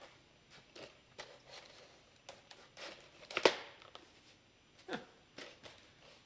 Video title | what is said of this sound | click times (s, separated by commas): Bitgohobby Show #4 Another NEW Product Line Announcement & Dynam Primo Build! | pretty cool that all just clicks right in | 3.5 s